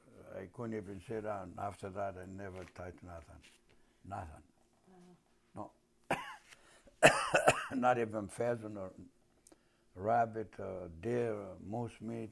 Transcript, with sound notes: I couldn't even sit down. After that I never touched nothing. Nothing. No. [Coughs] Not even pheasant or rabbit or deer or moose meat.